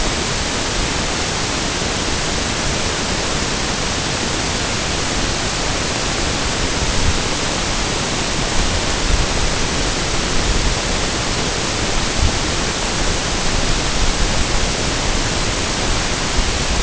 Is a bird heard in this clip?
no